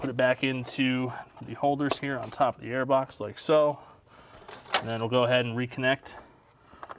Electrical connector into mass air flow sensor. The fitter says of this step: mass air flow sensor just clicks into place so